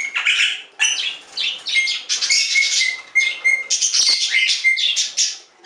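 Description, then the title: Budgerigar warbling chatter mixing buzzy notes with thin whistled tones that hold steady, in quick overlapping phrases. "Budgie Sounds"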